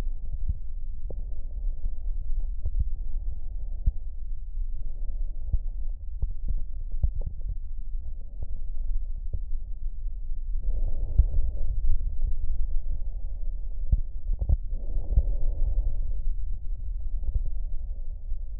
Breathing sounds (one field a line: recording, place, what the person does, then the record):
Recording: lung sounds by stethoscope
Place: left posterior basal chest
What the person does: quiet breathing, then deep breathing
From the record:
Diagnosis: interstitial lung disease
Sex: female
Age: 60 years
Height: 152 cm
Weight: 55.9 kg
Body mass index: 24.2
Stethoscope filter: extended mode